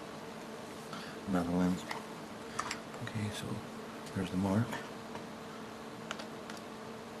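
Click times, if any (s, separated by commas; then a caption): none. Someone talks while lining up the mount mark of a camera lens on a lens mount adapter (FD501, 2L to EF), with the camera body held facing down. Brief handling ticks are heard around 2.6, 2.7, 6.1 and 6.5 seconds. The clip ends before the lens is twisted home, so nothing has seated or clicked yet.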